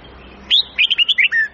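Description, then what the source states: Red-whiskered bulbul singing one fast phrase of about seven rich, liquid whistled notes that step up and down, ending on a longer falling note. Huế bulbul long song of 9 to 12 notes, with the phrases varied continuously.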